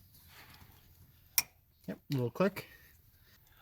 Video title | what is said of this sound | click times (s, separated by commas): How to Replace an 'In-Tank' Fuel Filter on a Subaru | replace this wire right here it should just clip right in yep | 1.4 s